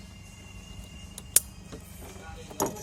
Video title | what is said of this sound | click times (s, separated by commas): วิธีเปลี่ยนไฟหน้ารถ Suzuki Ciaz (ซูซูกิ เซียส) บอกทุกขั้นตอน | แล้วก็จะเข้าล็อคประมาณนี้นะครับ | 1.4 s